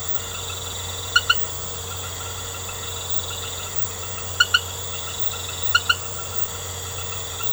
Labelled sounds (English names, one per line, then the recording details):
none
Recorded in secondary vegetation near Puerto Asís, Putumayo, Colombia, on 19 March 2025 at 20:30
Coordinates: 0.468, -76.324
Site G059